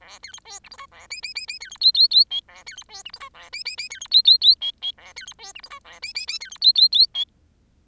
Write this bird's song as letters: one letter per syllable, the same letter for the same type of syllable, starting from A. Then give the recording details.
A B C D E F G A H H H H B C I I I J A B C D E F G A H H H B C I I I J J A B C D E F G A H H H B C I I I J. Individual Bird10